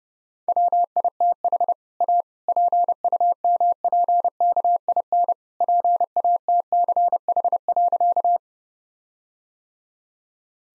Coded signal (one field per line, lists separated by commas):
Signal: Morse code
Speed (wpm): 30 wpm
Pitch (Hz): 700 Hz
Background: none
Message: WITH A PUMPKIN PATCH.